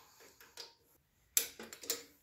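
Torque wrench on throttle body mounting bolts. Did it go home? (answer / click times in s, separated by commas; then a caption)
yes / 1.4 s. A torque wrench tightens the throttle body mounting bolts on a 1987-97 Ford to about 16 pound-feet. Soft ticks and rustling lead to a sharp, short click at 1.4 s, followed by a few quieter knocks. The wrench clicks at its setting, so the bolts reach torque.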